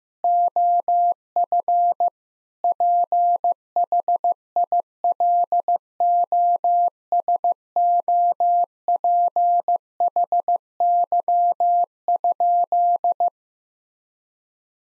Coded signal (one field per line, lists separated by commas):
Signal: Morse code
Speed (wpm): 16 wpm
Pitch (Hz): 700 Hz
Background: none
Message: OF PHILOSOPHY?